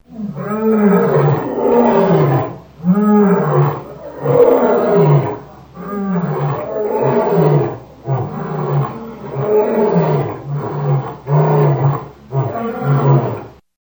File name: Lion